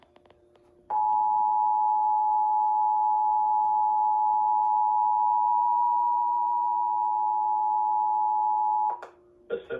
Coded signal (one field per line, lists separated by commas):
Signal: Emergency Alert System (SAME) tones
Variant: 853 and 960 Hz attention tone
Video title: Minnesota RMT EAS 748